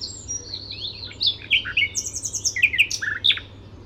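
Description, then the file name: Common nightingale with a brief run of chirps and whistles, quickening into sharp repeated notes; low hum in the background. "Luscinia megarhynchos"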